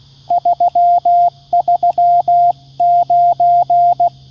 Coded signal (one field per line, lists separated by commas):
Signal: Morse code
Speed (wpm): 16 wpm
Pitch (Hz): 700 Hz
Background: none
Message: 339